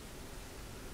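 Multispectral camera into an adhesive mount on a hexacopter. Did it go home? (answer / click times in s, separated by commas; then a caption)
no / none. A Parrot Sequoia multispectral camera is handled next to a mount stuck onto a hexacopter with the included double-sided tape, ready to be pushed in. Only steady, broadband hiss-like noise is heard, with no sudden sounds. Nothing has seated or clicked yet.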